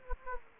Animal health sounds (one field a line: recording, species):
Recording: mosquito wingbeat signal from an infrared sensor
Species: Anopheles gambiae